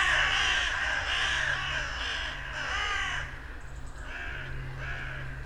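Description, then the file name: Carrion Crow caws, loud raspy calls in quick succession that fade toward the end, with a steady low hum. "Corvus corone"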